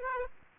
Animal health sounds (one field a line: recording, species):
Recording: mosquito wingbeat signal from an infrared sensor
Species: Aedes aegypti